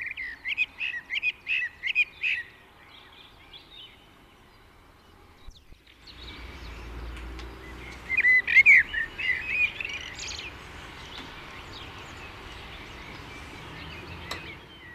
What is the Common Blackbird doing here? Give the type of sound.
song